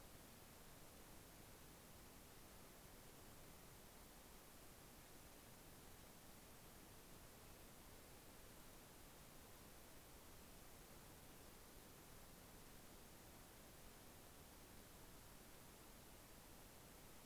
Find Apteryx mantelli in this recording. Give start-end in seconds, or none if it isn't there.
none